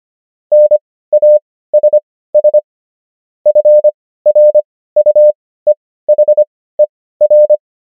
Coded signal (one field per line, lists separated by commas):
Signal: Morse code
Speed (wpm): 25 wpm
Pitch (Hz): 600 Hz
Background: none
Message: NASS FRUEHER